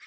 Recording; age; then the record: pig call; piglet (1 to 25 days)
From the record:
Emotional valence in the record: positive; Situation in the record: reunion after long isolation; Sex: male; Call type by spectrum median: low-frequency call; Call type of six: low-frequency tonal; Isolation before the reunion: 8 minutes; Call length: 0.07 s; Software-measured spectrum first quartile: 2030 Hz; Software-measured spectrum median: 2396 Hz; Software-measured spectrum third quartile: 4257 Hz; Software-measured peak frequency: 2178 Hz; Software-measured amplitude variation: 36 dB a second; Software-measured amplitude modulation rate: 7.2 a second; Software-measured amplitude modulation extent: 4.9 dB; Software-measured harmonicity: 3.1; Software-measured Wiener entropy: -1.98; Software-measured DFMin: 846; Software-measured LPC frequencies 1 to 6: 1312, 1922, 2221, 3139, 3800, 4626 Hz